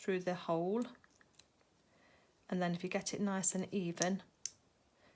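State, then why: Seated. Someone talks while pushing the two metal parts of a self-cover button together, with the button's wire-loop shank through the hole of a metal washer, to make a toy limb joint. A sharp snap at 4.5 s marks the parts locking together.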